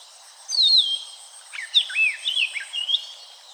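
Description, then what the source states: Oriental magpie-robin singing a short run of rich whistles, swooping and slurred notes falling and rising in turn, with constant insect buzzing in the background. Recorded at Seenuggala, Udawalawe, Sri Lanka, on 15 August 2012.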